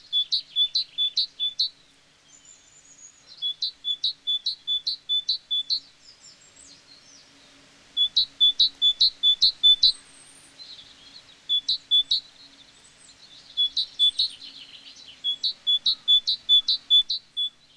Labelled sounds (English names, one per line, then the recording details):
Great Tit song
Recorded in the wild
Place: Oberstdorf, Bayern, DE
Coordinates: 47.4906, 10.2803
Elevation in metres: 809
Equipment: Uher 4000 Report
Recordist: Tretzel, Erwin